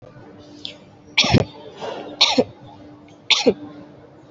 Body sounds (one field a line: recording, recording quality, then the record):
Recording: heavy voluntary cough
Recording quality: excellent, no background noise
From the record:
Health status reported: healthy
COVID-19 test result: negative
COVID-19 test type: RT-PCR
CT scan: not taken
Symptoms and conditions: none ticked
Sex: female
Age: 19 years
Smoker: no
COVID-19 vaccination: both doses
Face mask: worn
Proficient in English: yes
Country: India